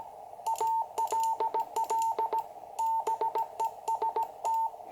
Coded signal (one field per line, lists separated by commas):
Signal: Morse code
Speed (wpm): 17 wpm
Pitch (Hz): 900 Hz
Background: radio noise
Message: ALL BEST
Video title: #8: QCX - first QSO after repair with Jerry, SP3MEY/QRP